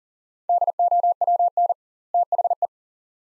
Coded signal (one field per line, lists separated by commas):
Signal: Morse code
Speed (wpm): 40 wpm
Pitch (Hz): 700 Hz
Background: none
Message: DOWN THE